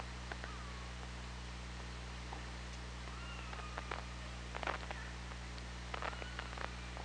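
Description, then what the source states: Orca calls: short tonal sweeps and a falling whistle-like call, with bursts of clicks, over a steady underwater hiss and low hum. Recorded by OrcaLab hydrophone, 24 August 2017, 16:07.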